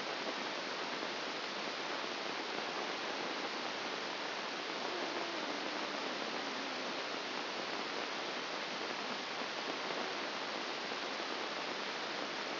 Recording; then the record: brain microelectrode recording played as sound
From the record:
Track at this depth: inside the subthalamic nucleus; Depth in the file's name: 1.705 mm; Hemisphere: left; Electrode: 2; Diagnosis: Parkinson's disease